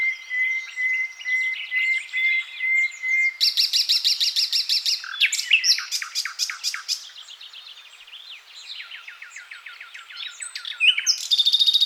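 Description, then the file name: Common nightingale song: a run of level whistled notes, then loud buzzy rattling phrases, rapid clicking trills and a sharp repeated chatter at the end. "Luscinia megarhynchos"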